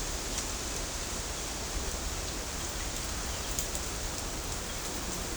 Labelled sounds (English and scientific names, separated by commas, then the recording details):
none
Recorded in shrubland near Pivijay, Magdalena, Colombia, on 4 June 2023 at 10:00
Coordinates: 10.453, -74.365
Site P5-G022